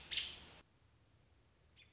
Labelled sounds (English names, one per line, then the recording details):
American Robin
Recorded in Sonoma County, California